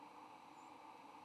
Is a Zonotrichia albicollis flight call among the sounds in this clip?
yes